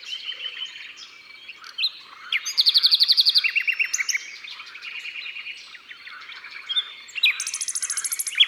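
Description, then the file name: Common nightingale singing fast rattling trills and repeated note series, including a long, rapid run of pulses. Drôme, France. "Rossignol philomele Concerts Naturels de la Drome Studio les Trois Becs"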